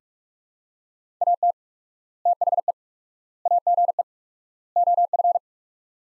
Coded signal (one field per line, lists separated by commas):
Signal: Morse code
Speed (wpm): 43 wpm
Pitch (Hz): 700 Hz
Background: none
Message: AT THE AGE OF